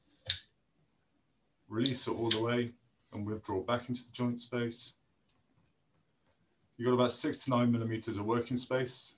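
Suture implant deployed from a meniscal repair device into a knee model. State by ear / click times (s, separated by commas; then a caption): seated / 0.3 s. A surgeon squeezes the handle of an all-suture meniscal repair device on a knee model, producing a sharp audible click at 0.3 s as the first suture implant deploys and seats. Someone then talks for the rest of the clip.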